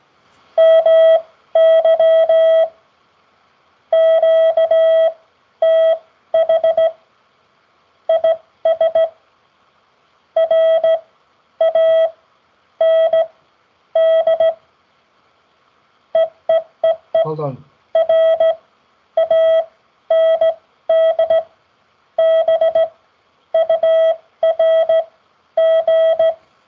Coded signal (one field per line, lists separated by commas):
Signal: Morse code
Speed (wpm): 17 wpm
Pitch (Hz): 650 Hz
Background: none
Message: MY QTH IS RAND EEEE RANDBURG